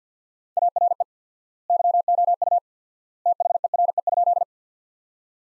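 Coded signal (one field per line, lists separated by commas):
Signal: Morse code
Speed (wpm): 50 wpm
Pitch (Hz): 700 Hz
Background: none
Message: ARE YOU THERE?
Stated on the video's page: Practice sentences built from the top 100 words, sent at 50 wpm with 4x standard word spacing, a word-level Farnsworth-style approach.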